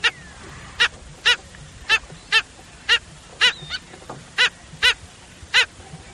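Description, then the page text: Black skimmer calls: a steady series of loud, harsh barking notes. Brazil. "Black-Skimmer From Sounds of Brazil"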